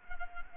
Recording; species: mosquito wingbeat signal from an infrared sensor; Culex quinquefasciatus